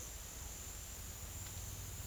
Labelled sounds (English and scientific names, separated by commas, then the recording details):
none
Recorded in pastures near Puerto Asís, Putumayo, Colombia, on 22 December 2024 at 08:00
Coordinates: 0.472, -76.329
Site G072